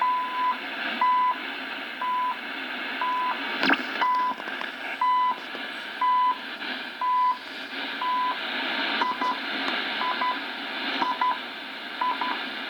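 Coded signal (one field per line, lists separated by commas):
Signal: radio time signal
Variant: CHU Canada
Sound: steady 1 kHz beeps, about 0.3 s each, once per second, under hissy static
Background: radio static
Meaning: Each tick marks one second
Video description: CHU atomic clock heard in san jose Costa Rica 27/12/2014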